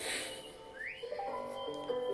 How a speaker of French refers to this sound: Faut savoir siffler comme ça, c'est pas évident. Elle fait pas le piano en même temps. Non, non, elle siffle.